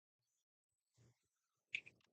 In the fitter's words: That just snaps into place real quick.